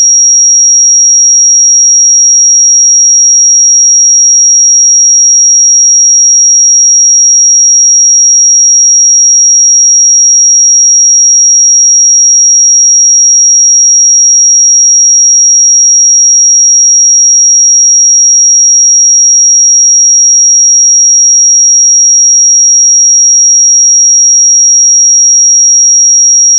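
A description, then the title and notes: A pure 5654 Hz sine tone holds perfectly steady and unchanging for the whole clip, a thin, bright whistle with nothing else present. 5654 Hz 1 Hz Interval Sine Pure Tone Frequency 441000 Sample Mono.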